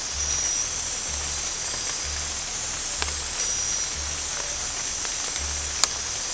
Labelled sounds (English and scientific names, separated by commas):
none